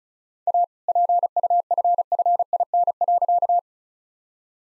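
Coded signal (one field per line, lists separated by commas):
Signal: Morse code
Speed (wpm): 34 wpm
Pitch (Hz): 700 Hz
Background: none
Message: A PUFFIN.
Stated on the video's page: Morse code practice at 35 wpm sending all-age jokes, with context given beforehand as priming.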